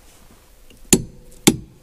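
A torque wrench tightens the steering hub nut on a 328 E46 turbo being fitted with a Renown 130R snap-off steering wheel hub. Over faint background noise, two sharp, bright clicks sound at 0.9 s and 1.5 s as the wrench clicks off at its torque setting, confirming the nut has reached torque.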